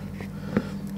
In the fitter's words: if we can line that up just right there we go the snap sort of snaps into place a little bit